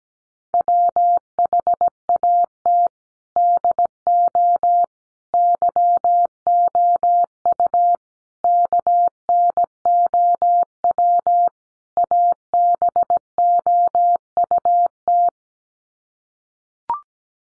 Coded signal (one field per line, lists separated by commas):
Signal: Morse code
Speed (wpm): 17 wpm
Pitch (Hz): 700 Hz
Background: none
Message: WHAT DO YOU KNOW ABOUT